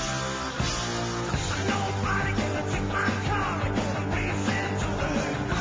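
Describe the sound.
To close a show, a voice loudly mimics a heavy rock guitar riff, a gritty, distorted-sounding vocal growl that holds a steady low drone with rough, repeating accents for several seconds, alone.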